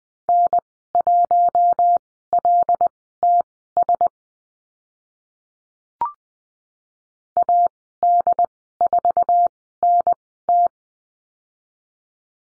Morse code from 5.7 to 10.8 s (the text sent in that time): AD4NT